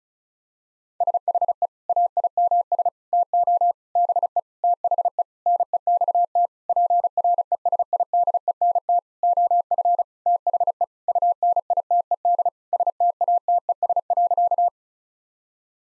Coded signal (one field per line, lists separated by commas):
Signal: Morse code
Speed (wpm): 36 wpm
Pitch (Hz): 700 Hz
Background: none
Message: SHE AIMS TO BE THE NEXT PRESIDENT OF THE UNITED STATES.